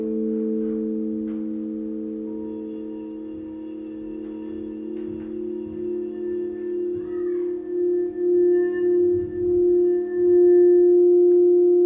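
A sound bath of sustained bowl-like tones: several steady low and mid pitches hum together without a break. The level dips slightly near the middle, then a slow wavering pulse grows stronger toward the end, swelling in regular beats. A brief faint chirp rises around seven seconds.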